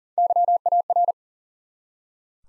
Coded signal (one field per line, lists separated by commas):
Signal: Morse code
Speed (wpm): 40 wpm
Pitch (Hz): 700 Hz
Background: none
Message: YAR